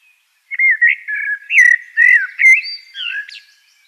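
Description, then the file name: Eurasian blackbird song with a smooth flowing series of low, mellow whistles that ends in a brief, sharper high twitter. "Turdus merula"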